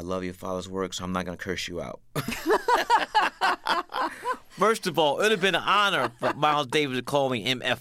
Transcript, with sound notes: I love your father's work so I'm not going to curse you out. (LAUGHTER) First of all, it'd been an honor for Miles Davis to call me MFer.